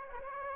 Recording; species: mosquito wingbeat signal from an infrared sensor; Aedes aegypti